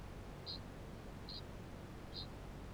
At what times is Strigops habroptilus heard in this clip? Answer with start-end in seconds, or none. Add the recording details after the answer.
0.00-2.73. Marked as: faintness 3/5. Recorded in New Zealand. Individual Barnard